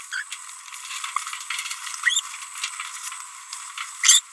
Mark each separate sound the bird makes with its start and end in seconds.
0.13-0.22, 2.04-2.20, 4.01-4.20